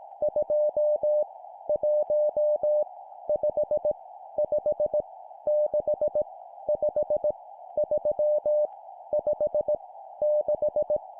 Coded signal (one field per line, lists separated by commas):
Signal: Morse code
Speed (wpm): 18 wpm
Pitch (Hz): 600 Hz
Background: none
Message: 2 1 5 5 6 5 3 5 6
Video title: 17wpm Random Numbers, morse code practice